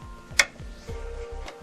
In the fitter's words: it clicks in you know it's connected now